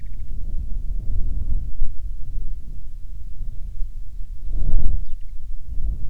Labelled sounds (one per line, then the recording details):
bird
wind
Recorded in the Prudhoe Bay oil fields, Alaska, on 7 August 2019 at 05:08
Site 13